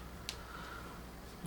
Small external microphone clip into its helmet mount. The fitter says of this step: and then this little guy just snaps right into place